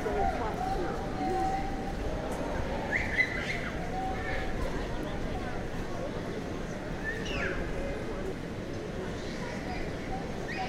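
A steady wash of overlapping voices fills Washington Square Park, dense and murmuring with no single speaker standing out. Brief chirps of birds rise above the crowd now and then, around three and seven seconds, while a low rumble stays underneath throughout.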